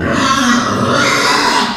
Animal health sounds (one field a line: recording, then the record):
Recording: squeal of a Yucatan mini pig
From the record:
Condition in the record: after surgery on the right vocal fold (resection and tissue-engineered implant)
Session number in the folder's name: 13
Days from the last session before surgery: 113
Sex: female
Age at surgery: 19 weeks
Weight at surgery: 25 kg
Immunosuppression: prednisolone